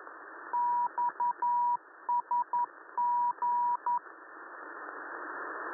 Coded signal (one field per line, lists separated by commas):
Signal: Morse code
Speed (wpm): 11 wpm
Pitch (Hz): 960 Hz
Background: radio noise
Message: XSG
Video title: XSG China Marine Coastal Station 4215 kHz